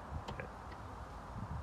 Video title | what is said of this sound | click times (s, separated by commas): Audi Towbar (Trailer Towing Hitch) - electrically swivelling | and you know when it's done it clicks i don't know if you hear the click | 0.4 s